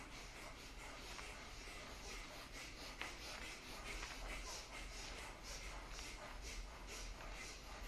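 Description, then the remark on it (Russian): Rapid, forceful bhastrika (bellows) yoga breathing, shallow and fast and directed into the neck, a steady run of quick airy huffs through the nose, soft and hissy over a constant low background rumble, with no talking. “Начали дышать бхастрику. В шею дышим.”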